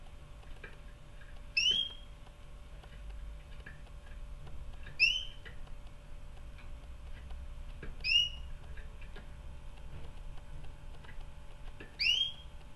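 Canary giving four upslurred whistled call notes, each with a fainter higher note, spaced a few seconds apart over a low constant hum.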